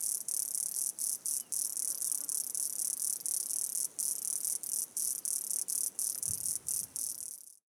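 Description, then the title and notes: Insect calling in a shrill, very high continuous buzz broken by frequent brief gaps, ending abruptly. Soundscape recorded in Chapada Diamantina park, Brazil. "Chapada Diamantina - Insectes#1. Paysage sonore pris dans le parc de Chapada Diamantina (Brésil)"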